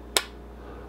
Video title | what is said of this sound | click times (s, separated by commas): Hello?? Hello??!! Can you hear me now?? Phone mounts for your Can-Am Ryker | there it is locks in place and | 0.2 s